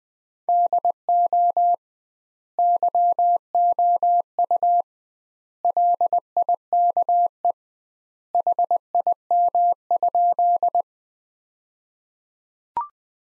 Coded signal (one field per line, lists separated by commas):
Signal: Morse code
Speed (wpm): 20 wpm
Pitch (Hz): 700 Hz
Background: none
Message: DO YOU LIKE HIM?